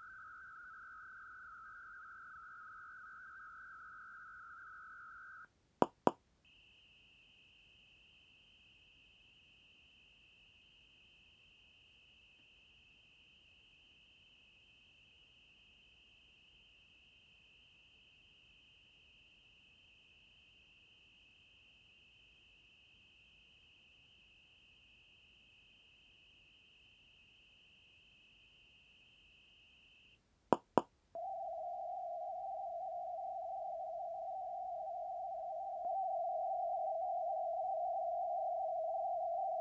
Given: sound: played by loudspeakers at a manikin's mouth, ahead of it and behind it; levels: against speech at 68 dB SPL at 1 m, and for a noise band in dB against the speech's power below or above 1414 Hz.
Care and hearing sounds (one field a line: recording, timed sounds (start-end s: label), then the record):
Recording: test signals for a remote microphone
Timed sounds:
0.00-5.45 s: noise band at 1414 Hz, as loud as that band is in speech
5.82 s: click
6.07 s: click
6.45-30.15 s: noise band at 2828 Hz, as loud as that band is in speech
30.53 s: click
30.78 s: click
31.15-35.85 s: noise band at 707 Hz, -10 dB
35.85-39.61 s: noise band at 707 Hz, -5 dB
From the record:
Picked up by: measurement microphone